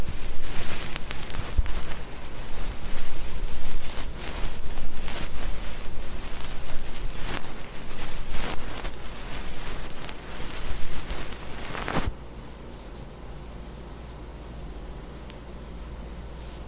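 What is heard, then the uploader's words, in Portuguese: Brushes and swabs rub directly against a microphone in dense, scratchy bursts that crackle and rustle like rain, with quick strokes following one another. At about twelve seconds the brushing stops abruptly, leaving a quiet, steady low hum and faint hiss. ASMR sem falas com sons de pincel no microfone, cotonete, escova, cafuné e muito mais.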